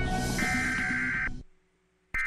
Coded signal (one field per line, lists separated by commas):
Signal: Emergency Alert System (SAME) tones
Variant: header bursts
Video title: National EAS Test Derps Out (#FAIL) - Nov. 9, 2011